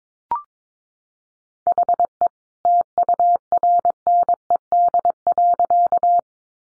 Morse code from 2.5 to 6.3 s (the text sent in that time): TURNED.